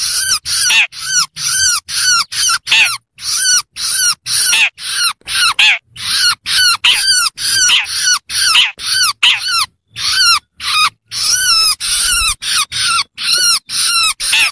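Long-tailed Shrike song: a fast run of harsh, buzzy notes with bright upper tones, repeated in rapid succession with brief gaps throughout.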